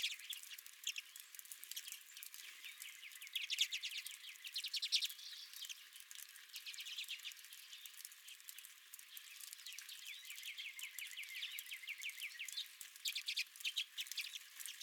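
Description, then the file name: Redpoll flock chatter, rapid runs of dry buzzy notes in bursts, one early and one late, over constant high clicking and ticking. Several redpolls visiting the recordist's own feeder. "Redpolls at My Feeder"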